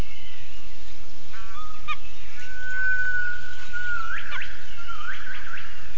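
Gibbon call: a long, steady whistled tone followed by sharper, brief upward notes, over constant background hiss.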